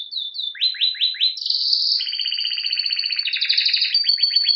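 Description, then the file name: Canary song of quick descending notes leading into long buzzy rolling trills and chattering phrases, steady and unbroken throughout. "Canary Voice"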